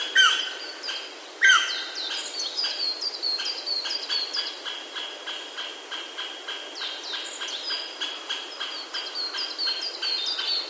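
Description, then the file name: Japanese green woodpecker calls as two loud, falling whistled notes early on, over a busy chorus of other chirping birds. "aogera"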